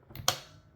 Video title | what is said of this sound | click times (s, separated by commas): terrifier tutorial jack in the box | it's locked you hear that click and that is well and truely locked in there | 0.3 s